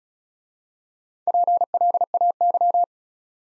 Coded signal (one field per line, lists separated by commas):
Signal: Morse code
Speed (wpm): 37 wpm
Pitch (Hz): 700 Hz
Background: none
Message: PLAY